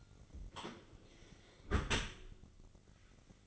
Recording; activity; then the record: daily activity, microphone in the room; close dishwasher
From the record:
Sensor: 4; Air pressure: 1003.9 hPa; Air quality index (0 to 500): 153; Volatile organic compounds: 2 ppm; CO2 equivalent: 1092 ppm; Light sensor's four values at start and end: 21/51/21/22 and 22/54/22/23